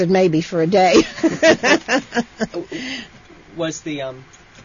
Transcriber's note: they laugh